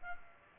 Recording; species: mosquito wingbeat signal from an infrared sensor; Culex pipiens